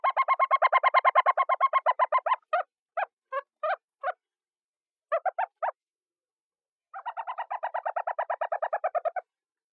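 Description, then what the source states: Pale chanting goshawk calling in a long rapid run of clucking chirps, then a few scattered notes, then another fast chirping series; quiet background. Low chirp.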